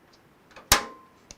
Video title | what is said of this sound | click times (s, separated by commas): PART 3 - PC Computer UN-Build and RE-Build Video - Fractal Design Focus G vs Cougar MX330-G PRO | and it should snap into place when you have it properly aligned and you should check all | 0.7 s